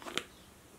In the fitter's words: there's like a little tiny hole right here, and you just pop it right in.